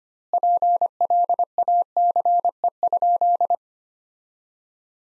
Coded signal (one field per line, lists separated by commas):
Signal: Morse code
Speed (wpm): 25 wpm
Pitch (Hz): 700 Hz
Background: none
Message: PLACE?